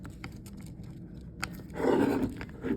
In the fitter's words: Okay, it is clicked.